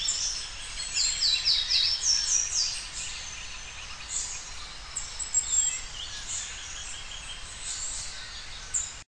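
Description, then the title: Bird song of thin, very high chirps and brief trills in scattered bursts, busiest early on, over a steady background hiss. "LuckyPassaro Completos2Sama"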